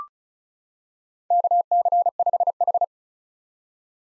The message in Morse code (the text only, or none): KC5H